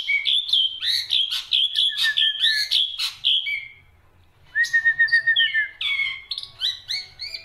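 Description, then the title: Black-winged myna song, a busy chattering stream of whistles and buzzy notes, a short silence, then more rapid varied whistled phrases. Dense, varied song with many variations, used as a tutor recording for training songbirds. "Kicauan Rapat Jalak Putih Gacor Banyak Variasi Untuk Masteran"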